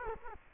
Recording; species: mosquito wingbeat signal from an infrared sensor; Culex quinquefasciatus